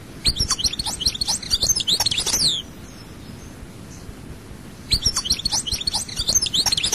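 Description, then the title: European goldfinch song in quick, sparkling twitters and slurred high chirps; one phrase of about two and a half seconds, a gap, then another phrase begins. "Chant Chardonneret"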